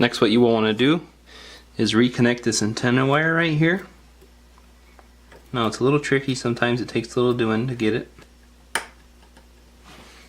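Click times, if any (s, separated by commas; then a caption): 8.8 s. A small coaxial antenna wire connector is pressed onto its socket on an iPhone 6 logic board while someone talks about the tricky alignment. After a quiet pause, one sharp snap sounds at 8.8 s as the connector seats.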